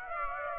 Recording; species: mosquito wingbeat signal from an infrared sensor; Aedes aegypti